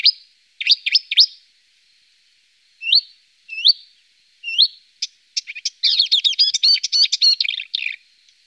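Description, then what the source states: Marsh warbler singing, with quick chirps and upslurred whistled notes spaced apart, building into a dense, rapid jumble of varied phrases near the end. Songbird from Germany, Austria and Switzerland.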